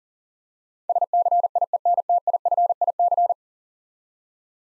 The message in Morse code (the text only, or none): SCIENTIFIC